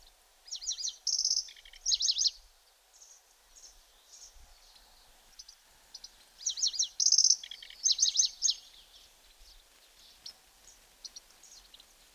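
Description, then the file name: Pallas's Grasshopper Warbler delivering two loud high, trilled song phrases several seconds apart, each a rush of rapid chirps and a buzzy note, with softer ticking notes between them. "Zvuki ptic - Pevchij sverchok"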